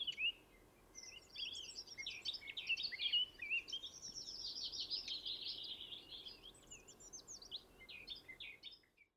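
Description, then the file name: Eurasian blackcap singing a long, fast, continuous chattering warble of high twittering notes that runs for several seconds, over a low constant hiss. "Sylvia atricapilla"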